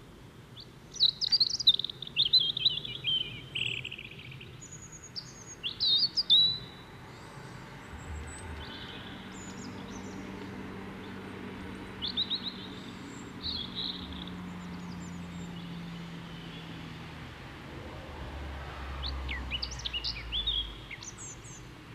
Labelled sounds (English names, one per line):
European Robin song